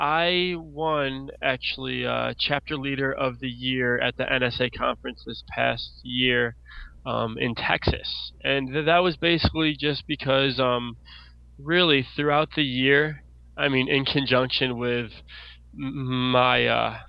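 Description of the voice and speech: An adult man who stutters speaks in a conversational monologue with mostly fluent stretches. These are broken by stuttering: sound repetitions ('th… that', 'f- finishing'), prolonged sounds on 'I' and 'with', and a tense pause before 'my'. A light steady hum runs underneath.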